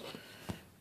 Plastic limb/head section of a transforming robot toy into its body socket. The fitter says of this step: and then this snaps into place